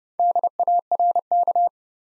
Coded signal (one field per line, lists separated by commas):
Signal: Morse code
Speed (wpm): 30 wpm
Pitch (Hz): 700 Hz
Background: none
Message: DARK